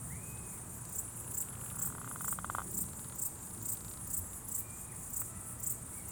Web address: etres a poils termites octobre 2020. Recoltes de sons